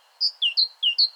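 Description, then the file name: Great tit giving quick alternating high and lower whistled notes, two to three pairs in brisk succession. "Parus major"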